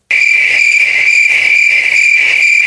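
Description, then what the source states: Crickets chirping in a dense, continuous high trill with a steady pulsing shimmer. Real crickets, described as sounding like many crickets together.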